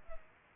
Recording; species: mosquito wingbeat signal from an infrared sensor; Culex pipiens